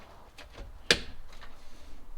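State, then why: Seated. After a connector is removed, a part slides into a Hyte Y40 PC case mount and latches with a sharp, nice click at 0.9 s. Softer sliding and handling sounds come before it, and low rustling follows. The part is seated.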